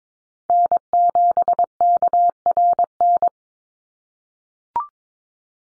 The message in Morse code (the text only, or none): N7KRN